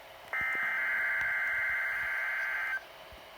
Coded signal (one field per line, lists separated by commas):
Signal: Emergency Alert System (SAME) tones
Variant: header bursts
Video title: [100TH ALERT!!!] REQUIRED WEEKLY TEST (EAS ALERT 100)